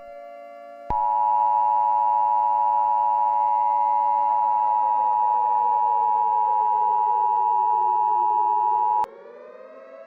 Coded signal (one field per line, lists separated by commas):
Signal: Emergency Alert System (SAME) tones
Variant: 853 and 960 Hz attention tone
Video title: EAS Scenario #8 - The Continental Storm